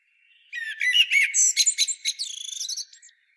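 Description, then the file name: Common blackbird uttering one dense burst of scratchy, chattering notes that speeds into a rapid rattling series before fading out. "Turdus merula"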